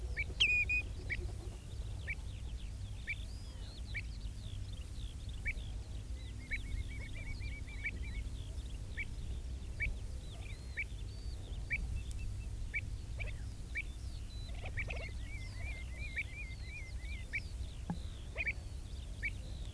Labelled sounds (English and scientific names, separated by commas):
Common Ringed Plover (Charadrius hiaticula) call